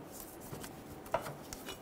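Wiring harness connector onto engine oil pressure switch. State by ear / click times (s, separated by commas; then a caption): not seated / none. A wiring harness connector is handled at the new engine oil pressure switch, torqued to 8 foot-pounds, on a 2011-2014 Hyundai Sonata. Quiet rubbing and handling noise is heard, with a soft knock near 0.5 s and a sharper tap near 1.1 s. The connector has not seated or clicked yet.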